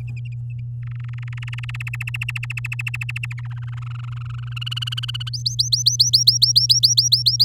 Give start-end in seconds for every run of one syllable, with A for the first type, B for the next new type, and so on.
0.83-1.77 A, 1.80-3.41 B, 3.43-4.54 C, 4.56-5.29 D, 5.33-7.44 E